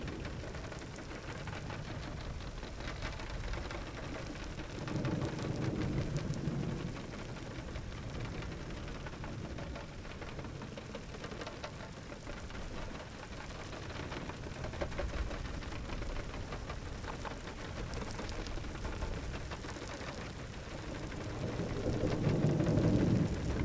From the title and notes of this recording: Geophony: Summer Thunderstorm - Carroqueiro, Idanha-a-Nova, Portugal. Soundscapes by Filipe Faria, coming from Idanha-a-Nova.